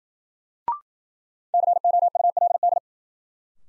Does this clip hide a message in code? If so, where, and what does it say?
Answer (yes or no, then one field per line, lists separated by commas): yes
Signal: Morse code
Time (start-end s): 1.5-2.8 s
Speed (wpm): 53 wpm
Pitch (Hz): 700 Hz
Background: none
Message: COULD